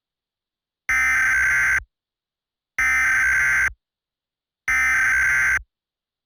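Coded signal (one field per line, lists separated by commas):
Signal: Emergency Alert System (SAME) tones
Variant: header bursts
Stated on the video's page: Fictional EAS scenario about an alien invasion.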